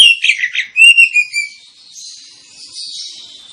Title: Kacer Langsung Tarung Konslet KACER NGOTOT FULL TEMBAKAN. Kacer dimana SAJA Bakalan NGEPLONG GACOR dengan Pancingan Kacer ini